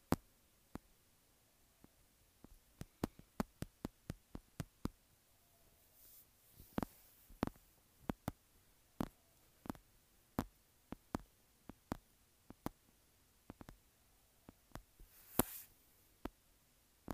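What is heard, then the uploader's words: Sharp, dry taps on a textured phone case come in quick, uneven bursts, some clustered closely and others spaced a second or so apart. Brief, hissy scratches appear around six seconds and again near fifteen seconds. A faint low hum sits underneath. Tapping and Scratching Textured Phone Case.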